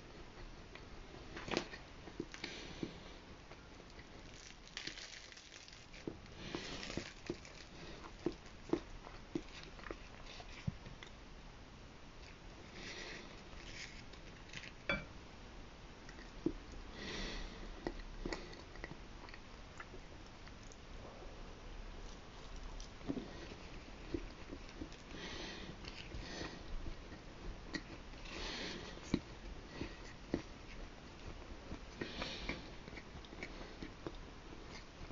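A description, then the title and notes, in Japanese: Someone eats a failed pancake, with soft, irregular chewing and mouth sounds throughout. Small clicks and smacks come every second or so, with brighter, louder bursts around 7, 17 and 29 seconds. A faint, steady hiss sits underneath. 発酵あんこを練り込んで焼いたらボソボソになってしまったパンケーキ。失敗したパンケーキを供養する（食べる）際の音をお送りします。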